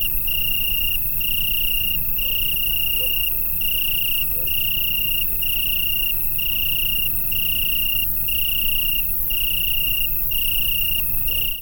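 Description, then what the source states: Insect trilling: a steady, high, ringing trill broken by brief gaps about once a second, over a constant low rumble of background noise. Summer night ambience in France in July.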